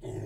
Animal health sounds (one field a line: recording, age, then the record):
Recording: pig call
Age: weaner (32 to 43 days)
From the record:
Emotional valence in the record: positive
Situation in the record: positive conditioning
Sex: female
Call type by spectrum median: low-frequency call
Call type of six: low-frequency stable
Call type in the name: low-frequency stable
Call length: 0.27 s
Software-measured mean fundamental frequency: 49 Hz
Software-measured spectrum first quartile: 113 Hz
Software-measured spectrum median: 273 Hz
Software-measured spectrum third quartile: 465 Hz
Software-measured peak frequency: 364 Hz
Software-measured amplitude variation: 122 dB a second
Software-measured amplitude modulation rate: 18.8 a second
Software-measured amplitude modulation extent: 6.5 dB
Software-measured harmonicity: 0.1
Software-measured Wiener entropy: -0.09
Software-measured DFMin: 852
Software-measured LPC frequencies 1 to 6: 370, 1932, 2800, 3439, 4308, 5405 Hz